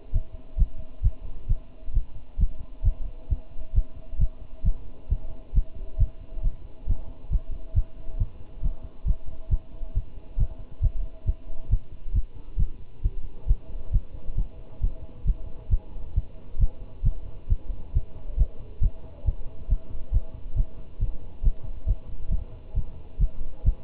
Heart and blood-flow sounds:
heart sounds by stethoscope; between the tricuspid and mitral areas; 135 bpm
0.14 s: heartbeat
0.59 s: heartbeat
1.04 s: heartbeat
1.49 s: heartbeat
1.95 s: heartbeat
2.40 s: heartbeat
2.85 s: heartbeat
3.31 s: heartbeat
3.76 s: heartbeat
4.20 s: heartbeat
4.65 s: heartbeat
5.11 s: heartbeat
5.55 s: heartbeat
6.00 s: heartbeat
6.44 s: heartbeat
6.88 s: heartbeat
7.32 s: heartbeat
7.76 s: heartbeat
8.20 s: heartbeat
8.64 s: heartbeat
9.07 s: heartbeat
9.51 s: heartbeat
9.96 s: heartbeat
10.39 s: heartbeat
10.83 s: heartbeat
11.27 s: heartbeat
11.71 s: heartbeat
12.15 s: heartbeat
12.59 s: heartbeat
13.04 s: heartbeat
13.49 s: heartbeat
13.93 s: heartbeat
14.38 s: heartbeat
14.83 s: heartbeat
15.27 s: heartbeat
15.71 s: heartbeat
16.16 s: heartbeat
16.61 s: heartbeat
17.05 s: heartbeat
17.50 s: heartbeat
17.95 s: heartbeat
18.39 s: heartbeat
18.83 s: heartbeat
19.27 s: heartbeat
19.70 s: heartbeat
20.14 s: heartbeat
20.57 s: heartbeat
21.01 s: heartbeat
21.45 s: heartbeat
21.88 s: heartbeat
22.32 s: heartbeat
22.76 s: heartbeat
23.20 s: heartbeat
23.66 s: heartbeat
From the record:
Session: Bruce protocol treadmill stress test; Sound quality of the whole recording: good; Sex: male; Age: 25 years

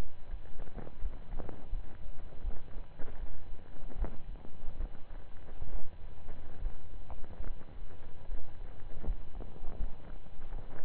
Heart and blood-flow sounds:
heart sounds by stethoscope; between the tricuspid and mitral areas; 76 bpm
0.26 s: heartbeat
0.98 s: heartbeat
1.69 s: heartbeat
2.41 s: heartbeat
3.16 s: heartbeat
3.95 s: heartbeat
4.76 s: heartbeat
5.68 s: heartbeat
6.58 s: heartbeat
7.42 s: heartbeat
8.25 s: heartbeat
9.03 s: heartbeat
9.76 s: heartbeat
10.48 s: heartbeat
From the record:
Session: slow and fast walking with breaks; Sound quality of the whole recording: saturated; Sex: male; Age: 25 years

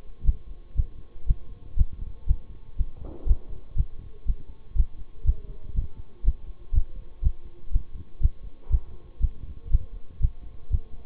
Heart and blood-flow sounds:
heart sounds by stethoscope; between the tricuspid and mitral areas; 120 bpm
0.24 s: heartbeat
0.75 s: heartbeat
1.26 s: heartbeat
1.76 s: heartbeat
2.26 s: heartbeat
2.76 s: heartbeat
3.26 s: heartbeat
3.76 s: heartbeat
4.26 s: heartbeat
4.75 s: heartbeat
5.24 s: heartbeat
5.74 s: heartbeat
6.24 s: heartbeat
6.73 s: heartbeat
7.22 s: heartbeat
7.71 s: heartbeat
8.20 s: heartbeat
8.70 s: heartbeat
9.20 s: heartbeat
9.70 s: heartbeat
10.20 s: heartbeat
10.70 s: heartbeat
From the record:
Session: bicycle stress test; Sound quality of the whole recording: good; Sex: male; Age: 26 years

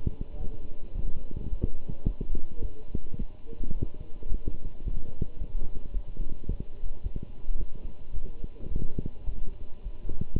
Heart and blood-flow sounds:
heart sounds by stethoscope; between the tricuspid and mitral areas; 108 bpm
0.38 s: heartbeat
0.94 s: heartbeat
1.50 s: heartbeat
2.07 s: heartbeat
2.62 s: heartbeat
3.18 s: heartbeat
3.74 s: heartbeat
4.29 s: heartbeat
4.84 s: heartbeat
5.39 s: heartbeat
5.94 s: heartbeat
6.48 s: heartbeat
7.03 s: heartbeat
7.58 s: heartbeat
8.13 s: heartbeat
8.68 s: heartbeat
9.26 s: heartbeat
9.84 s: heartbeat
From the record:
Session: walking at 3.7 km/h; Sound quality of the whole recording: good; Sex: male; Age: 24 years

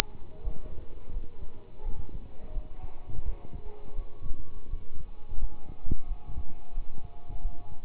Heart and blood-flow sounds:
heart sounds by stethoscope; between the tricuspid and mitral areas; 86 bpm
0.40 s: heartbeat
1.10 s: heartbeat
1.82 s: heartbeat
2.51 s: heartbeat
3.22 s: heartbeat
3.94 s: heartbeat
4.68 s: heartbeat
5.37 s: heartbeat
6.06 s: heartbeat
6.73 s: heartbeat
7.40 s: heartbeat
From the record:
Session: pedaling a stationary bicycle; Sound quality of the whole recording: good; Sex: male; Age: 27 years

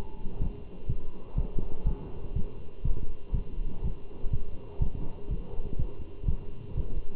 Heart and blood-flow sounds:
heart sounds by stethoscope; between the tricuspid and mitral areas; 123 bpm
0.41 s: heartbeat
0.89 s: heartbeat
1.38 s: heartbeat
1.87 s: heartbeat
2.36 s: heartbeat
2.85 s: heartbeat
3.35 s: heartbeat
3.84 s: heartbeat
4.33 s: heartbeat
4.82 s: heartbeat
5.31 s: heartbeat
5.79 s: heartbeat
6.28 s: heartbeat
6.77 s: heartbeat
From the record:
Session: walking at 3.7 km/h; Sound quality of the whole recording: good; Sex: male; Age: 27 years

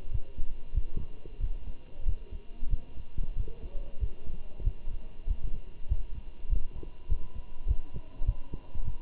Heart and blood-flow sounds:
heart sounds by stethoscope; between the tricuspid and mitral areas; 96 bpm
0.12 s: heartbeat
0.75 s: heartbeat
1.41 s: heartbeat
2.06 s: heartbeat
2.71 s: heartbeat
3.37 s: heartbeat
4.01 s: heartbeat
4.65 s: heartbeat
5.28 s: heartbeat
5.89 s: heartbeat
6.50 s: heartbeat
7.10 s: heartbeat
7.68 s: heartbeat
8.26 s: heartbeat
8.85 s: heartbeat
From the record:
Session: walking at 3.7 km/h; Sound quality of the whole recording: good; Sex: male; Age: 23 years

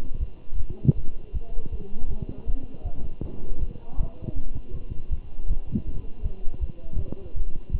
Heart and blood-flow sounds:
heart sounds by stethoscope; between the tricuspid and mitral areas; 159 bpm
0.19 s: heartbeat
0.57 s: heartbeat
0.96 s: heartbeat
1.33 s: heartbeat
1.71 s: heartbeat
2.09 s: heartbeat
2.47 s: heartbeat
2.84 s: heartbeat
3.22 s: heartbeat
3.60 s: heartbeat
3.97 s: heartbeat
4.35 s: heartbeat
4.73 s: heartbeat
5.10 s: heartbeat
5.48 s: heartbeat
5.86 s: heartbeat
6.23 s: heartbeat
6.60 s: heartbeat
6.97 s: heartbeat
7.35 s: heartbeat
7.72 s: heartbeat
From the record:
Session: Bruce protocol treadmill stress test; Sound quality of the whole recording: good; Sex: male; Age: 23 years

